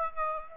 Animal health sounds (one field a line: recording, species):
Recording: mosquito wingbeat signal from an infrared sensor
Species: Aedes aegypti